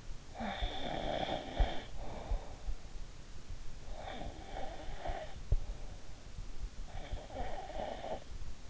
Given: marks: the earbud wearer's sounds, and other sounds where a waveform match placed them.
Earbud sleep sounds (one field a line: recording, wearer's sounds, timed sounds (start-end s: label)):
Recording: sounds in sleep by an in-ear microphone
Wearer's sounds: snoring breath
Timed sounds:
0.16-2.76 s: snoring breath
3.82-6.37 s: snoring breath
6.91-8.70 s: snoring breath